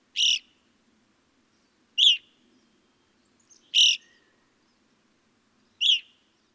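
Evening grosbeak giving four loud, full, ringing call notes, roughly two seconds apart, against near silence.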